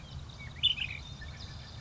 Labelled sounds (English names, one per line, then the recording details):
Ash-throated Flycatcher
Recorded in Sonoma County, California